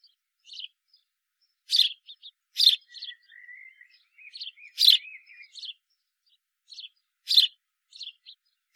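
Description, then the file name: House sparrow chirps: short, harsh notes given singly and in loose bursts, with a softer, wavering, thin whistled phrase between them around the middle. "Passer domesticus"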